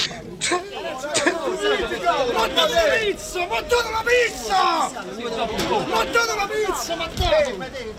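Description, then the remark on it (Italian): A dense crowd at an anti-government demonstration at the Circo Massimo, organized by far-right groups joined by football supporters, overlaps in loud, continuous chatter and shouting, with occasional sharper bangs or thuds as glass bottles and paper bombs are thrown at reporters and cameramen. “Scene dalla manifestazione contro il governo, organizzata al Circo Massimo da alcune galassie dell'estrema destra, per la prima volta unite a gruppi di tifosi.”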